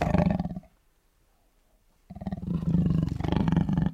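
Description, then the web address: Tiger producing low, pulsed growling roars, a brief quiet spell, then a longer rumbling throaty roar. "big cats|tigers"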